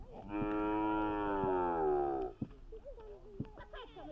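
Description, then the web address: Cow giving one long drawn-out moo lasting about two seconds, rich and harmonic, followed by softer scattered sounds. "sons vaches"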